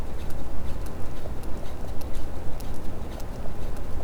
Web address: Physeter Macrocephalus cachalot